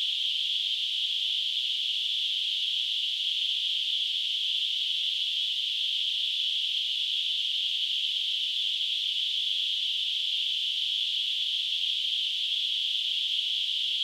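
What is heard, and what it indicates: Steady, unchanging high-pitched hiss concentrated in a band around 3 kHz, lasting fourteen seconds: a simulated tinnitus sound of the hissing type.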